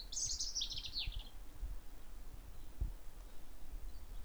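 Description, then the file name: European robin song: a single brief, very high, tumbling phrase of thin notes at the start, followed by quiet with low rumbling noise. "Erithacus rubecula"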